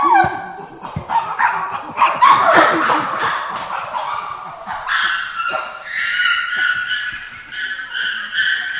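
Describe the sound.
Common chimpanzee calls: a run of varied whimpering and yelping cries with some louder bursts, over a steady high hiss.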